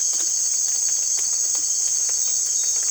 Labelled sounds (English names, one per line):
none